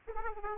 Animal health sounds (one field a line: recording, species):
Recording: mosquito wingbeat signal from an infrared sensor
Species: Aedes aegypti